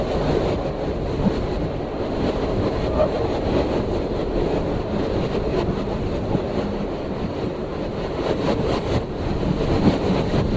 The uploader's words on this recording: Recorded by Dan Bodah on the 3 train between Clark Street and Atlantic Avenue in Brooklyn, NY, Summer 2008.